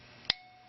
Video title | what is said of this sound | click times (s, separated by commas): اتصال سیم به پلاتین سوکت / کانکتور پرو کانکت Proconnect | and the idea is that we do is you'll crimp it down until that latch finally releases you can hear it like | 0.3 s